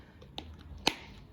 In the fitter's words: Satisfying click.